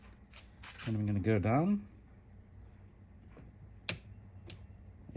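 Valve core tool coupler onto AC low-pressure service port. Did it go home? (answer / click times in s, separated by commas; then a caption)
yes / 3.9 s. Someone talks as the quick coupler of a valve core removal tool is pushed down onto the low-pressure AC service port of a 2006 Honda Pilot, during a valve core replacement to fix a refrigerant leak. A sharp click at 3.9 s marks the coupler locking on, followed by softer ticks at about 4.5 s and 5.2 s. The coupler is seated, and the refrigerant pressure can then be felt.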